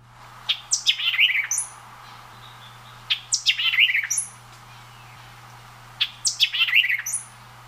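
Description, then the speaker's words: White-eyed Vireo song: three quick, emphatic phrases of sharp chips and slurred whistles, each ending in a high note, repeated about every three seconds; steady low hum beneath. Song is quite variable; species prefers thickets and dense vegetation and is a persistent, loud songster; first of three example songs. "They have a great song that's quite variable, so let's listen to three different examples of the white-eyed vireo here."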